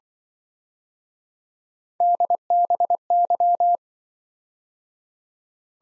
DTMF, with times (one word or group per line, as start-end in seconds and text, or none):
none